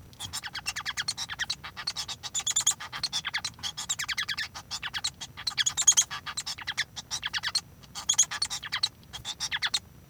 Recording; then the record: song of a male Bengalese finch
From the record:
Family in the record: son of father 1